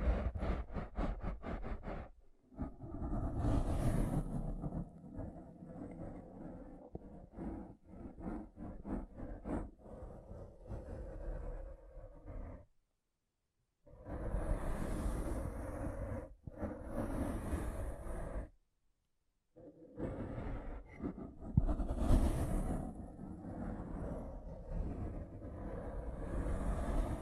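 Rough brain cleaning and picking: wet, scraping, rumbling handling noises with sharp clicks and hissy bursts, broken by silent gaps near 13 and 19 seconds.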